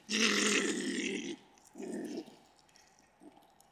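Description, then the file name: Stone marten with one long raspy growl, then a shorter growl and a faint final grunt. Wild animal in Europe. "Steinmarder Geraeusche Wildtiere in Europa"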